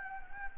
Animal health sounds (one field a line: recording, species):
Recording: mosquito wingbeat signal from an infrared sensor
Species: Anopheles gambiae